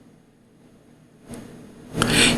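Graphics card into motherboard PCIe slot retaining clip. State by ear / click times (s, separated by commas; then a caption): seated / 2.0 s. A graphics card is pressed firmly into a motherboard PCIe slot until the slot's plastic retaining clip latches. After a quiet stretch there is a faint tap at 1.3 s, then a sharp click at 2.0 s followed by a burst of bright, hissy noise. The card is seated.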